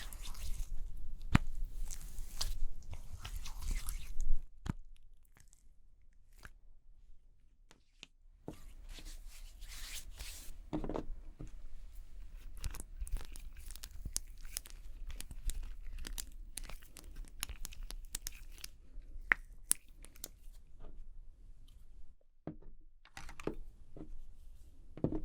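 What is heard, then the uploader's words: Makeup being applied. Soft brushing, tapping and crinkling handling sounds come in dense bursts with sharp clicks scattered throughout. There is a near-silent pause around five to eight seconds and another brief gap near twenty-two seconds. Doing Your Makeup ASMR No Talking.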